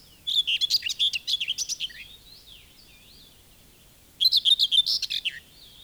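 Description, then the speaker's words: Common whitethroat song: two hurried, scratchy phrases with soft, thin warbling between them. A fairly lively singer whose cheerful phrase is heard from bushes at the edges of fields. "Seuraavaksi esittelemme Pensaskertun, joka on jo aika reipas laulaja."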